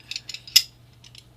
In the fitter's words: it locks in place